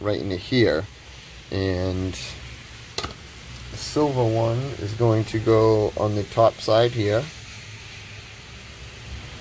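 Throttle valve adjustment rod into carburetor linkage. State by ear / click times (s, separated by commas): seated / 3.0 s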